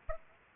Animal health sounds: mosquito wingbeat signal from an infrared sensor; Aedes aegypti

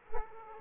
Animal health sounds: mosquito wingbeat signal from an infrared sensor; Aedes aegypti

